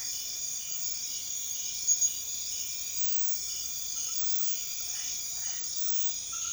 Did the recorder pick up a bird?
no